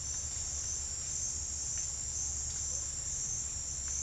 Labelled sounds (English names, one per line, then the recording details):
none
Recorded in dense forest near Puerto Asís, Putumayo, Colombia, on 8 March 2025 at 08:30
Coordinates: 0.484, -76.317
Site G064